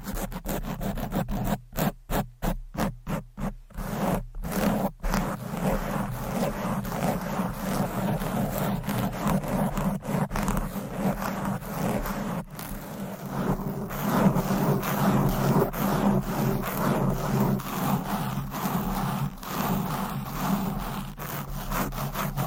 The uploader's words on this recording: ASMR Fast & Aggressive Mic Scratching - Brain Scratching 10 DIFFERENT MICS No Talking for Sleep.